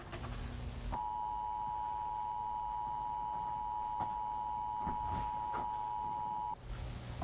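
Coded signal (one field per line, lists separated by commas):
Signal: Emergency Alert System (SAME) tones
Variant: 853 and 960 Hz attention tone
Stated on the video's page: Tones heard within an indie analog-horror game, not a real broadcast.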